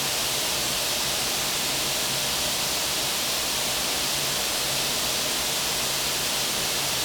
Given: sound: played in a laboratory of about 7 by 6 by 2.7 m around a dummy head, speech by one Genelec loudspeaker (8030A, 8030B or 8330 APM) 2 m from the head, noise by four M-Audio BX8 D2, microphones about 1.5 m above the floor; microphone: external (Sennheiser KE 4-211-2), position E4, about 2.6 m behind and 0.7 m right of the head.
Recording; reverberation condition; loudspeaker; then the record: white noise; high; four, about 170 cm from the corners of the room and facing them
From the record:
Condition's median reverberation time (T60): about 1300 ms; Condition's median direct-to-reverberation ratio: about -4.0 dB